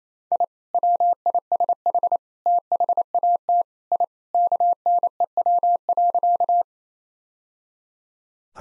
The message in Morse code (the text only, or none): I WISH THAT I KNEW.